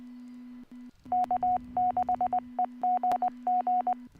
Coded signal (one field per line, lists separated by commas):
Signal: Morse code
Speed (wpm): 20 wpm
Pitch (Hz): 730 Hz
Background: radio noise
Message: K6EGG